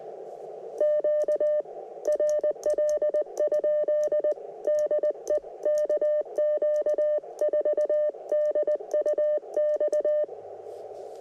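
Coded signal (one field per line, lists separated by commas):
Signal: Morse code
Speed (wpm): 20 wpm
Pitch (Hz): 590 Hz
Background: none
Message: QRL? DE KQ4DUX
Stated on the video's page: CW at a POTA activation in a national forest using a 10 m delta loop and a 30 m wire vertical.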